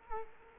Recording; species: mosquito wingbeat signal from an infrared sensor; Culex quinquefasciatus